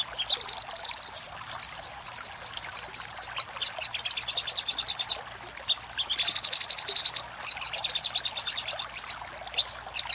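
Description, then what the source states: Little spiderhunter song: long, fast strings of high, sharp notes in several bursts, separated by brief silences. Master recording for training cage birds; Indonesian name sogok ontong, labelled Labaik.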